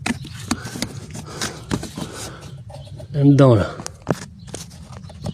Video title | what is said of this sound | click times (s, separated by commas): Audi A3 voyant airbag. Démontage intérieur, nettoyage, entretien moteur. #audi#a3#cantal#mecanique. | Et après, ça vient s'enclencher là-dedans, là. | 0.1 s, 0.5 s, 0.8 s